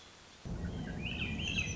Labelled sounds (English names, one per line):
Swainson's Thrush